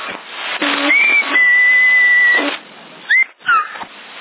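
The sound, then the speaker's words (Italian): Whistling over hissy, band-limited CB radio static in Sassari: a short note, then a long steady tone held about a second, followed by two quick upward-sliding chirps. “Va, avanti il fischio. Avanti il fischio.”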